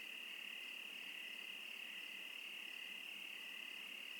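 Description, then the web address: Crickets keep up an unbroken shrill trill, a dense high chorus with fast regular pulses and nothing else clearly heard. Wild crickets in the Oregon wilderness, United States. "Discover Oregon - Wilderness Crickets Crickets - Crickets Interlude"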